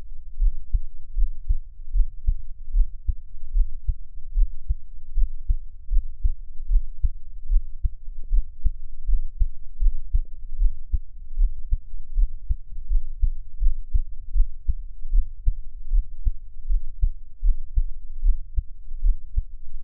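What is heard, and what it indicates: Steady, muffled low thumps of an adult's heartbeat, heard close up for ASMR listening, at about 75 beats a minute, with no talking.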